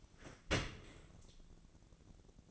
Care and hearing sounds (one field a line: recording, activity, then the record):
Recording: daily activity, microphone in the room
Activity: open dishwasher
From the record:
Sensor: 4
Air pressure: 1001.3 hPa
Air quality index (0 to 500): 181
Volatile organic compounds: 2 ppm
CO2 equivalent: 1292 ppm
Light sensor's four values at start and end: 11/26/10/11 and 11/26/11/11